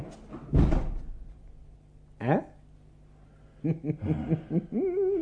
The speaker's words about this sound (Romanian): Hai, închide odată ușa!